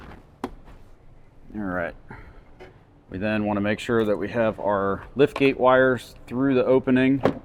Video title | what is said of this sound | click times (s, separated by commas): 2024+ Toyota Land Cruiser Audison 13 Speaker Plug & Play Bundle Install | give them a firm push until they snap into place. | 0.4 s